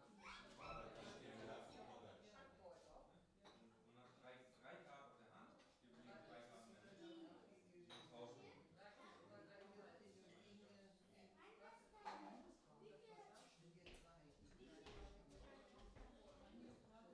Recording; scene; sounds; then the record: everyday scene through a hearing-aid microphone; many people talking; many voices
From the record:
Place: parish hall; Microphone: in the ear canal, left